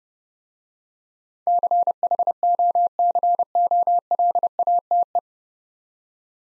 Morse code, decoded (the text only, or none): CHOCOLATE